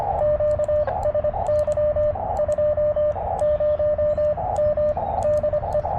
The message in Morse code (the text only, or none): QSY 20M DE